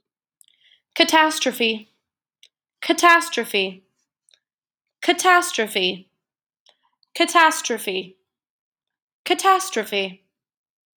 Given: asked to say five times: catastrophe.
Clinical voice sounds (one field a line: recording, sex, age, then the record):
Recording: repeated word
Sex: female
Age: 20 to 29 years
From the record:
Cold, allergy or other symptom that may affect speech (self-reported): no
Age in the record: 27 years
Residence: Georgia, United States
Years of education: 19